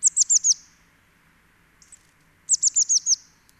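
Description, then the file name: Eurasian blue tit calls: two bursts of several high, thin, rapidly repeated falling notes, separated by a pause with a faint brief call. "Cyanistes caeruleus"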